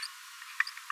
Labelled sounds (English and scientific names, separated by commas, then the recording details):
Green-rumped Parrotlet (Forpus passerinus) babbling
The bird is a male
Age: 24 days
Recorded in a nest box in Venezuela
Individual 17B42A3